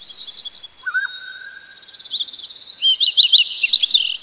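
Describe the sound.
Bird calls: thin, high chirps and twittering notes, growing busier in the second half, with a faint steady lower whistled tone for a while early on.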